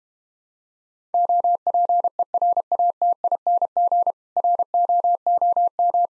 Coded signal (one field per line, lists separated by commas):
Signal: Morse code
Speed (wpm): 33 wpm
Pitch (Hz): 700 Hz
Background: none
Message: OPERATING ROOM